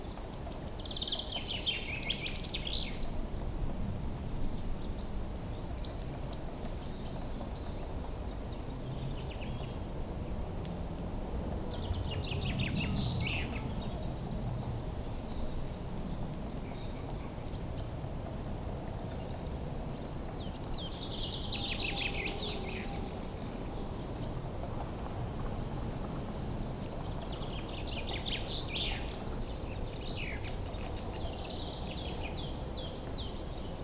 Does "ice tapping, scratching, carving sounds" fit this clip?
no